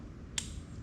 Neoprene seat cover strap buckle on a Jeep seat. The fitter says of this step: I'll snap you'll hear this